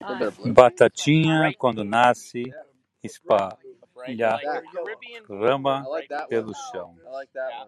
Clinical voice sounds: short text; Brazilian Portuguese; male; 60 to 69 years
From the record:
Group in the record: control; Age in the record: 63 years

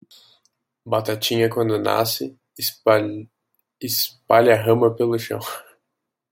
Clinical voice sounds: short text; Brazilian Portuguese; male; 20 to 29 years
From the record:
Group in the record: control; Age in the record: 20 years

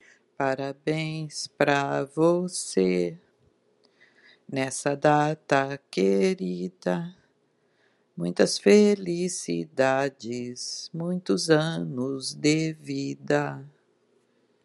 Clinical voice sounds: short text; Brazilian Portuguese; female; 50 to 59 years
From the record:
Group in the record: control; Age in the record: 58 years

